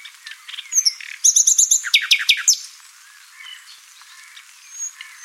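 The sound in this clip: Common nightingale song: a short run of quick repeated high notes followed by loud descending chirps, then quieter faint notes in the background.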